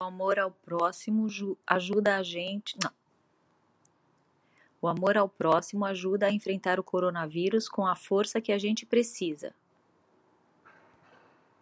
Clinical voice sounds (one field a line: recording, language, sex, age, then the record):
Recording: spoken sentence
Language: Brazilian Portuguese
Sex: female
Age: 50 to 59 years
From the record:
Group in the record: control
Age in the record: 52 years